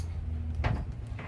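The locking collar on a boat's fuel hose quick-connector is pulled back to detach it from the spare tank fitting, releasing it with a sharp click at 0.7 s. A softer, longer sound follows at 1.2 s over a steady low hum.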